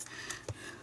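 The modular plug on the coiled handset cable of a novelty USS Enterprise telephone is pushed into the socket on the phone's base. A single small tick sounds at 0.5 s over a quiet background, and the plug seats in place.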